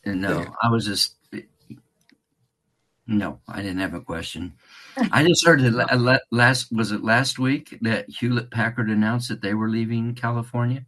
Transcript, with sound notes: I was just... No, I didn't have a question.
(laughs)
I just heard last, was it last week that Hewlett-Packard announced that they were leaving California?